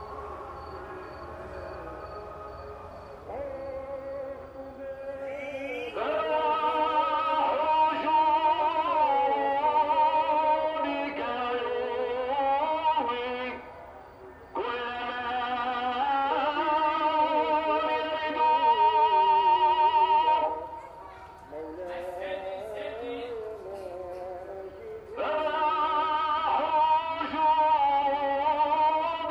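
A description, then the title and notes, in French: A call to prayer in a Tangier street: a sustained, wavering voice sings long ornamented phrases that bend and slide in pitch, swelling louder from about 6 seconds. It breaks briefly near 14 seconds and softens from 20 to 25 seconds over a low steady rumble. Tanger à l'appel ou les cris d'une ville. Echos, voix et ambiances du Maroc.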